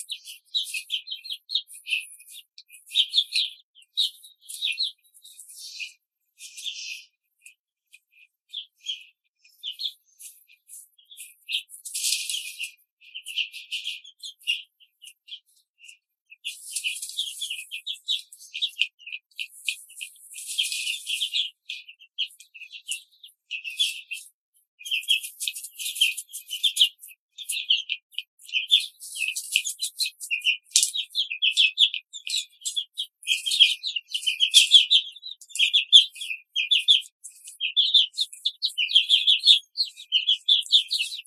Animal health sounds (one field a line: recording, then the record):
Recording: young laying hens in a cage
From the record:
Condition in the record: control cage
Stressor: none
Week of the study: 5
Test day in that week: 1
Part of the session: 2